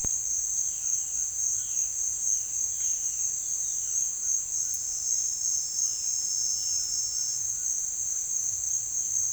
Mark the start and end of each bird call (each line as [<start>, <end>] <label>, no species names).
[0.00, 7.87] bird call
[8.49, 9.32] bird call